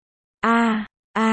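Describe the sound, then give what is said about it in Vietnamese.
Heavy, voiced panting: two loud, strained breaths in quick succession, each with a groaning, moan-like tone and a brief pause between them, with no talking. “Âm thanh thở gấp rõ ràng gấp gáp.”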